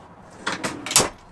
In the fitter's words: that slides out all the way, it locks in place.